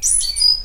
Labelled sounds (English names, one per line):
Stitchbird song